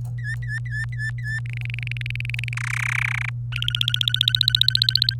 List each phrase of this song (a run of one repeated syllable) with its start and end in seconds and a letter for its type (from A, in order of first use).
0.19-1.40 A, 1.46-2.53 B, 2.57-3.29 C, 3.52-5.14 D